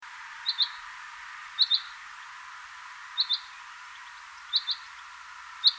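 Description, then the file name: Common chaffinch repeating a short, high call note, mostly two-part, at slightly irregular intervals, five times in all, against a quiet steady hiss. "Fringilla coelebs"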